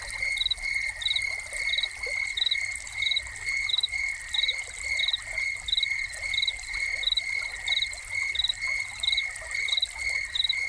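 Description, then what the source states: Crickets chirping in crisp repeated pulse groups over a steady high trilling drone, with quiet running water underneath. Crickets recorded together with a fountain.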